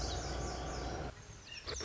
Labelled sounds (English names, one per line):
Lazuli Bunting